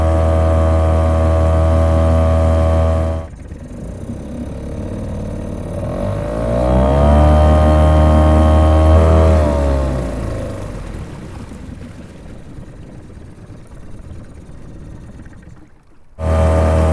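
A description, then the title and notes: A motor boat engine drones steadily with a deep, even hum. After about three seconds the sound drops and the engine pitch rises and swells between seven and ten seconds, then fades to a quieter rumble before the loud hum abruptly returns near the end. PH - Motor Boat – Tohatsu 3.5 by Phonophilist.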